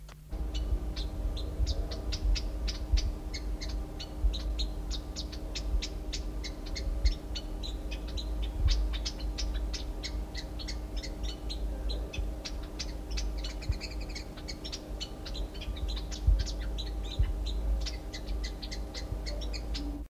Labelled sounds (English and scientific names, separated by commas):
Western Bluebill (Spermophaga haematina) call